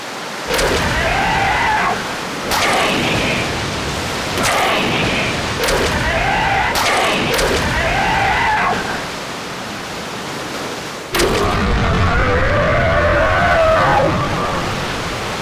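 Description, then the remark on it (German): Sharp whip cracks lash the sea itself, landing one after another at uneven intervals over a steady, loud rush of churning seawater, each lash snapping out briefly above the roar of the waves. “300 Peitschenhiebe für das Meer!”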